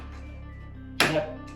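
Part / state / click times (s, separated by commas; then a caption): heel lift bracket on a splitboard binding / seated / 1.0 s. The climbing heel lift bracket on the back of a splitboard binding, a 17-degree riser, is snapped into place and pushed down, giving a sharp click at 1.0 s over a steady low hum. A fainter tap follows around 1.6 s. The bracket is seated.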